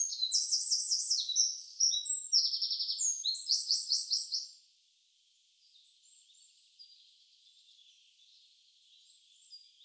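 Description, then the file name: Eurasian wren song: a loud, rapid burst of high trills and chattering phrases for over four seconds, then only faint high notes trailing off. "Troglodytes troglodytes"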